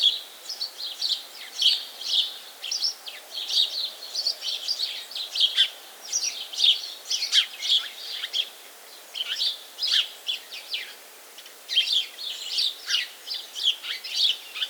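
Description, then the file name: House sparrow chattering, many quick overlapping chirps in uneven bursts, with brief lulls between flurries, continuing steadily throughout. "Passer domesticus"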